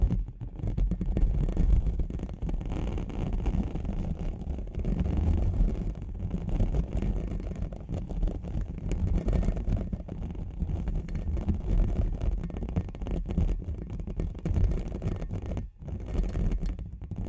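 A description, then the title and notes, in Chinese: Wordless ear-cleaning sounds: dense, continuous low rumbling and scraping rustles, fairly steady throughout, with one brief dropout near sixteen seconds. 无人声采耳助眠。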